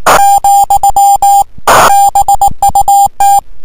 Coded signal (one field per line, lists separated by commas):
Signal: Morse code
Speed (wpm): 19 wpm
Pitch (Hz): 800 Hz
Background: music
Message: , BUT